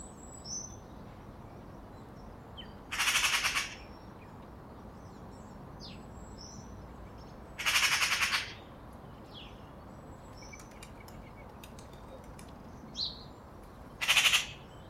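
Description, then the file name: Eurasian magpie uttering three short, harsh rattling chatters several seconds apart, while other small birds chirp faintly in the background. "Pica pica"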